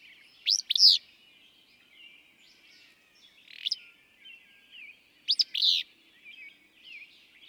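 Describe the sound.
Willow flycatcher song, hoarse snappy two-part phrases with a single burry note between them, and quiet chirping of other birds throughout.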